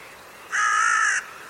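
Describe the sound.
Bird giving a single harsh, drawn-out caw lasting under a second, with a faint steady background hiss.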